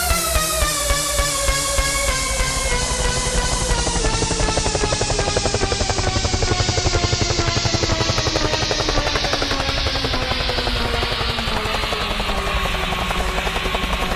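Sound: helicopter sound effect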